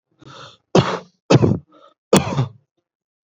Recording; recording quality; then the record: heavy voluntary cough; excellent, no background noise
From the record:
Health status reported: healthy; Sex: male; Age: 26 years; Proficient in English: yes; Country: India